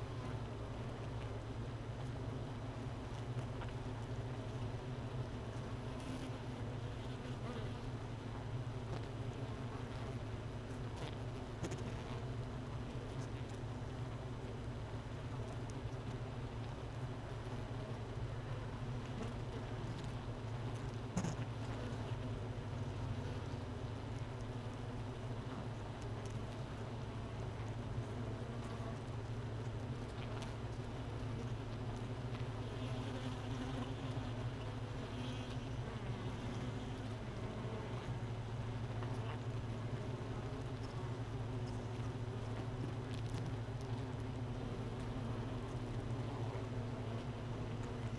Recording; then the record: honeybee colony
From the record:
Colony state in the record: missing queen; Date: 31 May 2018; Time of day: 13:32